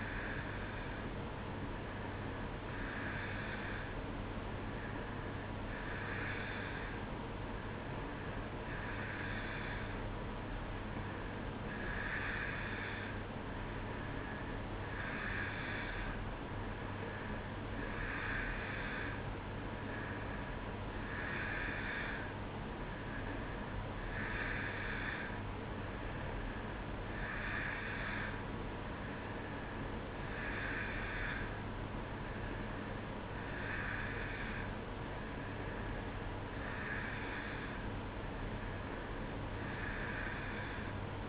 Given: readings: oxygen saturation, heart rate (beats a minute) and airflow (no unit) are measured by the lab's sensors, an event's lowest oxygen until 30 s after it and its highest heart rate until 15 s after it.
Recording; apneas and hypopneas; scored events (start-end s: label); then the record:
breathing in sleep by a voice recorder at the bedside; none
none scored
From the record:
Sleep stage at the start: N2 (light sleep); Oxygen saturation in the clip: 90 to 91%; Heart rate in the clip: 62 to 64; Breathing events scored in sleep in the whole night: 305 in 9.6 hours asleep